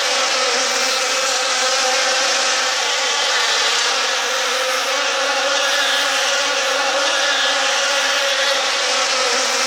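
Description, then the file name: Insect swarm giving a constant, thick buzzing hum, slightly wavering in tone, steady from start to finish. "Hollywood Sound Effects - Insects - Swarm Sound Effect"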